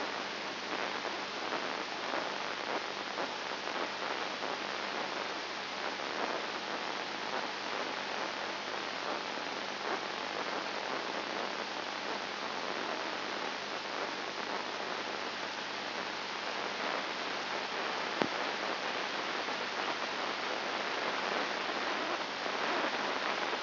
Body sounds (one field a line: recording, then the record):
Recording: brain microelectrode recording played as sound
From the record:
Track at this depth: inside the subthalamic nucleus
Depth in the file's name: 3.501 mm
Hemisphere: left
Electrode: 2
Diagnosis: Parkinson's disease